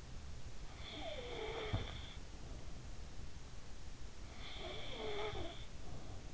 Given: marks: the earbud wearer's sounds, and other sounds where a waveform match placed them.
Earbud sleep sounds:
sounds in sleep by an in-ear microphone; snoring breath
0.63-2.22 s: snoring breath
4.26-5.82 s: snoring breath

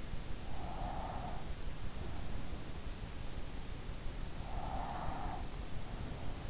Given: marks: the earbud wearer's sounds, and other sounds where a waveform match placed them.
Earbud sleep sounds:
sounds in sleep by an in-ear microphone; breath
0.00-2.90 s: breath
3.12-5.58 s: breath

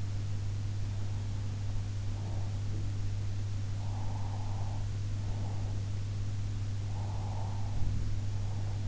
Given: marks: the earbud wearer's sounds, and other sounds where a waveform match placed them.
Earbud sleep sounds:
sounds in sleep by an in-ear microphone; breath
0.90-2.64 s: breath
3.84-5.77 s: breath
6.92-8.88 s: breath

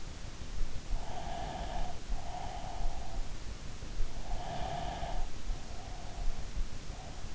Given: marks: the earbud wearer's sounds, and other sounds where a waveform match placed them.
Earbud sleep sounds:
sounds in sleep by an in-ear microphone; breath
1.07-3.53 s: breath
4.60-6.75 s: breath

